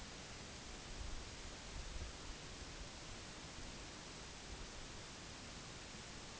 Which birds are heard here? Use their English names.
none